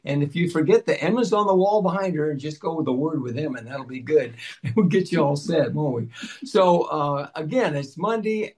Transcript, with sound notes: And if you forget, the M is on the wall behind her and just go with the word with him and that'll be good. (laughs) It will get you all set, won't we? So, uh, again, it's Monday.